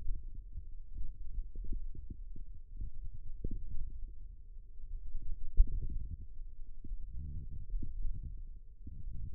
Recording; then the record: forearm muscle sounds (acoustic myography)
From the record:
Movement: wrist extension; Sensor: system 1, eight BSWA MPA416 microphones around the upper forearm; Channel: 3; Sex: female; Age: 21 years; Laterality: right